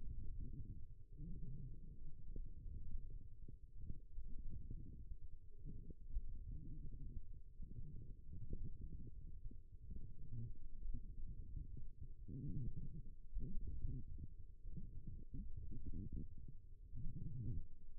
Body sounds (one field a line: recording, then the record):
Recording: forearm muscle sounds (acoustic myography)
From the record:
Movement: forearm pronation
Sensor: system 1, eight BSWA MPA416 microphones around the upper forearm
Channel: 2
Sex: female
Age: 21 years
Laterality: right